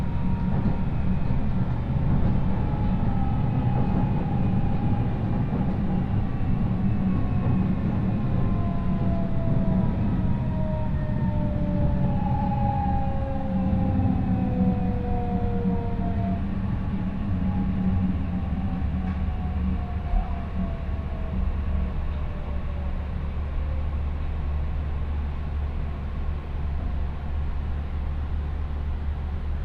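A train on the Chūō West Line runs steadily with a heavy, low rumble that never lets up. Faint whining tones slide slowly downward between about eight and seventeen seconds, like motors easing off, while the rolling drone carries on to the end.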